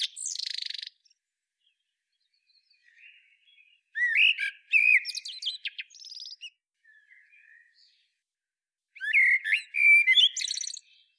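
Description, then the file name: Eurasian blackbird song: mellow whistled warbles ending in shrill, chattering twitters, with phrases spaced by pauses and a few soft, quieter notes between them. "Turdus merula"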